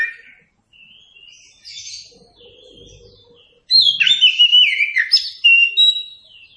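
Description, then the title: Oriental magpie-robin song: quiet chirps and a thin trill, then a loud phrase of rich rising and falling whistles ending in a clear sustained note. Song used for training captive birds. "Masteran Burung Kacer"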